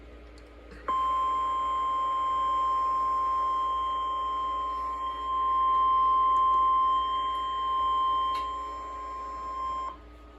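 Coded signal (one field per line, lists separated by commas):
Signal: Emergency Alert System (SAME) tones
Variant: 1050 Hz attention tone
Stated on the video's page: Alert tests received on a WR120 weather radio, which showed an unrecognized message.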